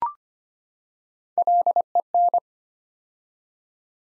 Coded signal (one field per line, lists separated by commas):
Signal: Morse code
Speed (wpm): 25 wpm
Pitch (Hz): 700 Hz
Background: none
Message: LEN